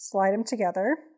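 Someone talks while the two pronged connector halves of a light-up tote bag's battery pack are lined up and slid toward the light strip connector. Only speech is heard, with no snap, and the clip ends before the halves snap together, so nothing has seated yet.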